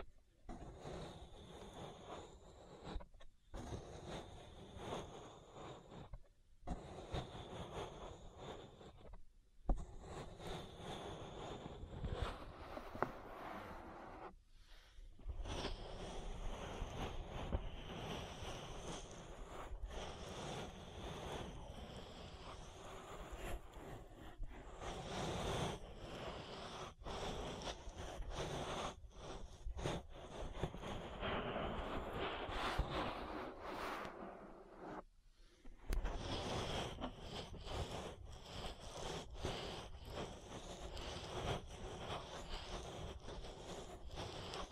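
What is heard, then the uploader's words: An ear massage: dense rubbing and brushing against the microphone, a full, rushing texture with shifting swirls of higher scratchy tone. The rubbing runs almost continuously, broken by brief silent pauses around 3, 6, 9, 14 and 35 seconds. ASMR Relaxing Ear Massage. (No Talking).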